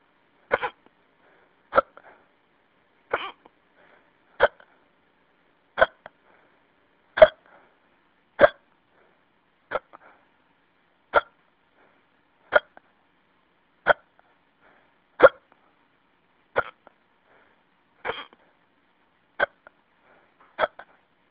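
Sixteen sharp, brief hiccups from an adult come at a steady pace of about 45 a minute, heard over a telephone line. Each is a short gulping click with a small after-sound. The even rhythm and sameness of each burst fit persistent hiccups.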